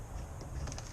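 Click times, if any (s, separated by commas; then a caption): none. A Livescope sonar transducer cable connector is being handled and fitted toward its socket or mount, with soft handling noise over a steady low background rumble. Nothing has seated or clicked yet.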